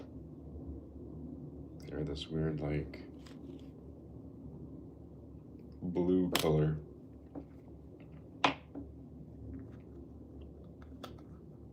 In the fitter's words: They do snap right in there though.